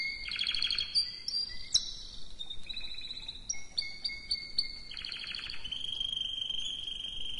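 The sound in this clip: Canary song with fainter whistles and buzzy trills, scattered sharp chips, and a steady rolling phrase near the close.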